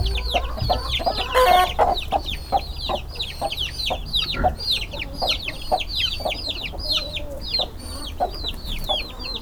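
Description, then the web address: Hungarian hen: many high, repeated downslurred chick cheeps close together, with lower clucks underneath and a steady low hum. Hungarian hen breed in a farmyard with chicks; hens clucking. "allathangok parasztudvar csibe magyartyuk kotkodakukorekolasroffentesek"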